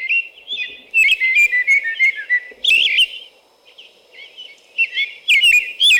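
American robin caroling in rapid whistled phrases, with a lull before the song resumes in bright rising and falling notes.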